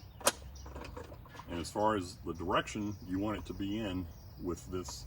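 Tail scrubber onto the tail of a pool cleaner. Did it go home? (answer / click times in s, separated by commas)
yes / 0.3 s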